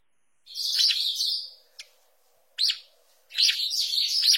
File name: canto do bico duro